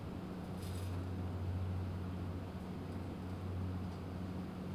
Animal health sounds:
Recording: poultry house recording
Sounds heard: no chicken sound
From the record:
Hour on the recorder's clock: 22

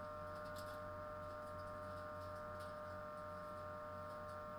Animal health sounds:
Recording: poultry house recording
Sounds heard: no chicken sound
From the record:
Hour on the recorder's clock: 21

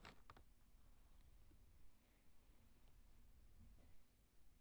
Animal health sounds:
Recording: poultry house recording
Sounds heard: no chicken sound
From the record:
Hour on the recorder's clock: 11

